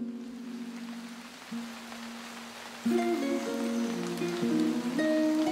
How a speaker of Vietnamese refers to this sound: Bên ngoài, gió mưa bập bùng.